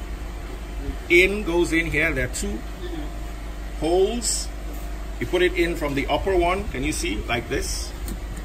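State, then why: Not seated. A rear wiper on a Mercedes W166 ML350 is handled at its two mounting holes on the tailgate, being put in from the upper hole while someone talks over a steady background hum. A brief sharp sound at 8.1 s is heard, but the wiper's plastic clip has not clicked in and nothing has seated yet.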